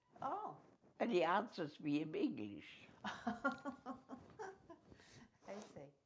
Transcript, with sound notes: Oh.
And he answers me in English.
(Laughs) I see.